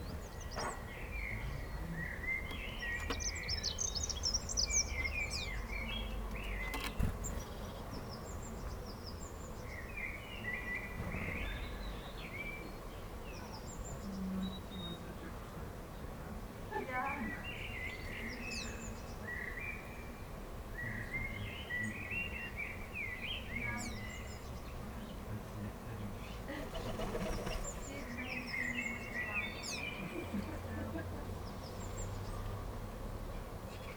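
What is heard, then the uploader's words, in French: Small birds chirp and twitter at a bird feeder, short bright calls scattered through the whole stretch with busier bursts around 5, 12, 17 and 28 seconds. A steady low rumble and hiss run underneath, with occasional sharp knocks and scrapes, one louder near 7 seconds. Bird feeder. Deux microphones dans une mangeoire à oiseaux. With a zoom H1n and binaural microphones Roland CS-10EM.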